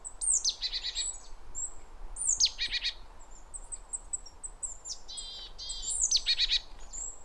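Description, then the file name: Great tit calls: sharp descending notes, each followed by a harsh buzzy chatter, repeated several times, with thin high notes between. "Parus major"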